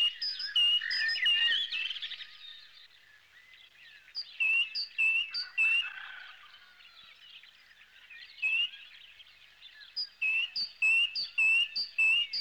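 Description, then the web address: Bird delivering clusters of high, bright chirps and twitters, separated by lulls. "animali uccelli uccelli birds"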